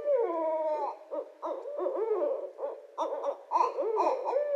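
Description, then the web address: Barred owl's loud, wild cackling and whooping, with wavering, bouncing hoots that rise and fall in quick, uneven bursts. Recorded 24 February 2012. "Barred Owl 2012 02 24 Barred Owl"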